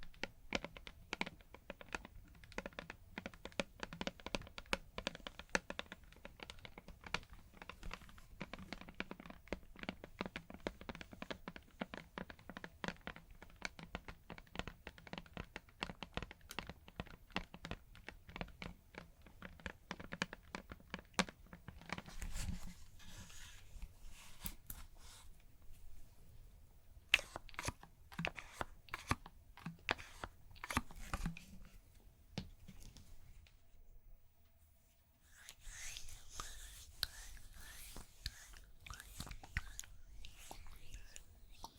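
Massage sounds with no talking: a dense stream of quick tapping and soft thuds runs steadily for the first twenty seconds. After that the pattern breaks into sparser bursts with rubbing, swishing strokes, a near-silent pause around 35 seconds, then swishing resumes.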